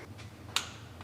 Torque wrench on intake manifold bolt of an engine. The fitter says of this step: there's a click increasing your first value